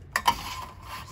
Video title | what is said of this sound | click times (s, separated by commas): 2022 Clipper 108ST Tent Trailer | slide it in snaps into place | 0.2 s